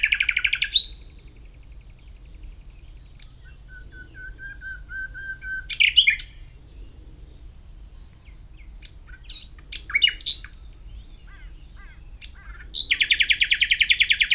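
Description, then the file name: Common nightingale song: a rich burst, then a steady low whistle and sharp notes, with scattered chirps and a final loud rapid buzzing trill. "Luscinia megarhynchos"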